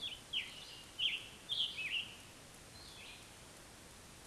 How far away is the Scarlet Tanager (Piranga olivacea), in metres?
about 20 m